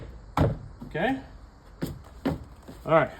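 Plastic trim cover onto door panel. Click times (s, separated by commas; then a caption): 0.4 s. A small plastic trim cover is pressed onto the door panel of a 2011 Ford F150 during a rear door wiring harness replacement. It gives one loud, sharp snap at 0.4 s and seats in place. Softer taps follow at about 1.8 and 2.3 s, and someone talks briefly.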